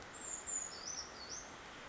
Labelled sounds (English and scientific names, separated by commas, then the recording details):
Brown Creeper (Certhia americana)
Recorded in Sonoma County, California